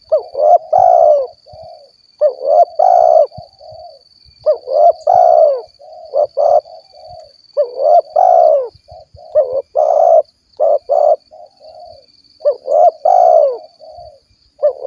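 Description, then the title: Spotted dove cooing almost continuously, hollow short-then-long phrases running together, with scattered soft low clicks and a faint high whine in the background. "Tekukur"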